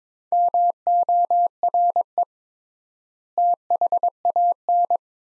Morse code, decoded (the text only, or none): MORE THAN